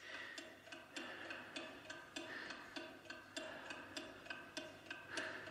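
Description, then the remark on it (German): A clock ticks loudly and steadily, about ten crisp, sharp clicks at an even pace of a little under two per second, with no voices over the sound. “Das Ticken der Uhr wird unerträglich.”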